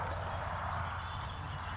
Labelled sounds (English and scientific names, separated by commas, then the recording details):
California Towhee (Melozone crissalis)
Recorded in Sonoma County, California